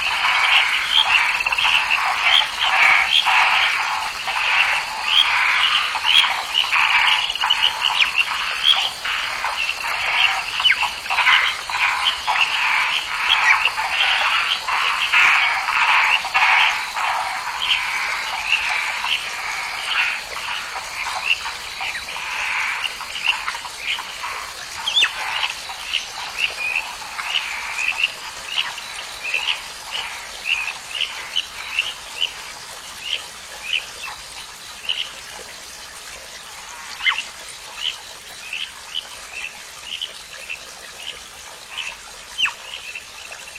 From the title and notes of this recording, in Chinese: 荷塘蛙声。深夜。